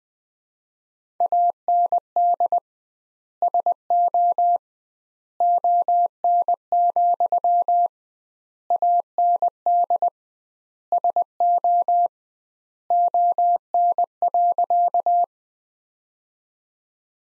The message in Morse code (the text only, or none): AND SO ON, AND SO ON.